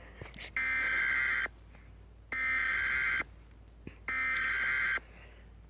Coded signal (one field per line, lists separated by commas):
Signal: Emergency Alert System (SAME) tones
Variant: header bursts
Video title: Aesthetic eas alert